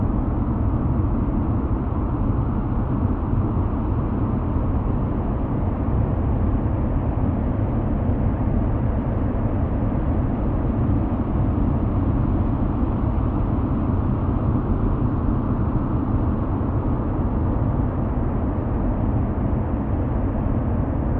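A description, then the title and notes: A steady, unbroken roar of white noise like the hum inside a private spaceship, heavy in the low end and thinning out toward the top with nothing bright above it. The level holds even for the whole stretch, with a faint low drone running beneath. Private Spaceship - White Noise.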